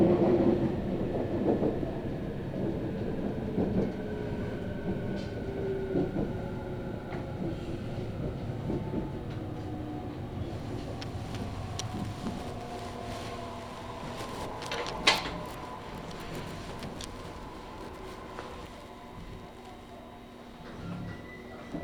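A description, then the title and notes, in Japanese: A one-man train pulls away from Kitakata, its motor whine sliding as it gathers speed over a steady low rumble and rattle. Sharp clanks and squeals break through now and then, with a loud knock around fifteen seconds, and the noise eases toward the end. 佐世保線・長崎本線 北方→肥前山口→鍋島→佐賀。ワンマン列車は北方を発車。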